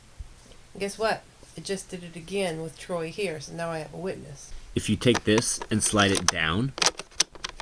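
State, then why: Seated. Someone talks while a spring-loaded pop-up Halloween prop is slid down into its base. A sharp click at 7.2 s marks the latch locking, followed by a few smaller clicks, and the prop stays down in its loaded position.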